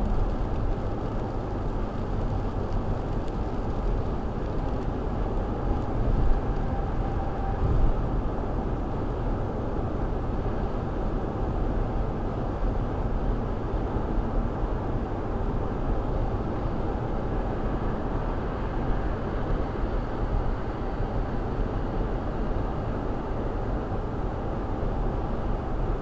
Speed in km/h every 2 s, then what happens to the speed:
109, 108, 109, 109, 109, 109, 109, 109, 109, 109, 109, 109, 109.
0-26 steady at about 109.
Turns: none.